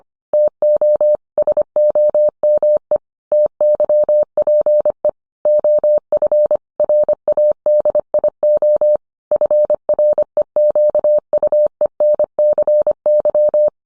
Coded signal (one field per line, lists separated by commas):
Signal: Morse code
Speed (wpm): 25 wpm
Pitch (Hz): 600 Hz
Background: none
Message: TO SOME TYPE OF RADIO FREQUENCY